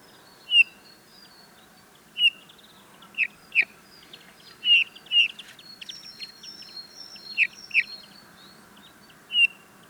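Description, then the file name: Eurasian bullfinch repeating gentle descending piping whistles, singly and in pairs, with faint high twittering from other birds in the background. "Pyrrhula pyrrhula"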